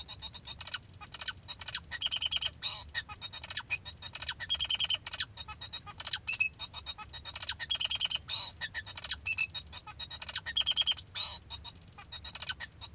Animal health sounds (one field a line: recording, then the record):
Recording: song of a male Bengalese finch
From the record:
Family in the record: father 2